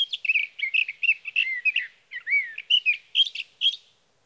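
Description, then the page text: Sage thrasher song, a hurried stream of varied warbled phrases with slurred downward whistles and a few harsh higher notes near the end. Male singing through the night near his night roost, Sierra Valley, California, June 12–15, 2018, evening to morning; recorded with a Swift recorder. "Sage thrasher songs, through the night. For three nights, from the evening of June 12 to the morning of June 15, 2018, in Sierra Valley, California, I placed a Swift recorder near a male's night roost."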